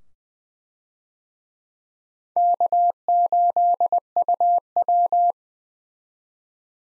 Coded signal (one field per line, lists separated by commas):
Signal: Morse code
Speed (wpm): 20 wpm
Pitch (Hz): 700 Hz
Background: none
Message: K8UW